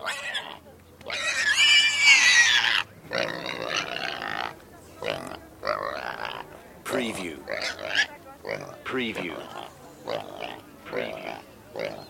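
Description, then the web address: Pig screaming: one long shrill scream near the start, then a run of shorter squeals in irregular bursts. Several pigs screaming. "the sound pack tree. screaming pigs"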